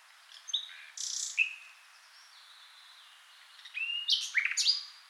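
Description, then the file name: Common nightingale song in varied phrases: sharp chirps and a whistled note, then a quick burst of high notes after a short pause. "Nachtigall"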